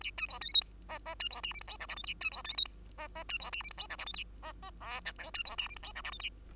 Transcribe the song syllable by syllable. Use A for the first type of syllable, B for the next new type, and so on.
A B C D E F G G B C H I J K L M N A B C D E F G G B C H I J K L M N A G G O P Q B C H I J K L M N A